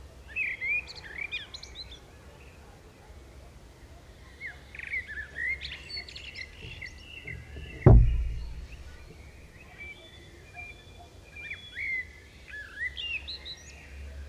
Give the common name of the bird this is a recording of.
Common Blackbird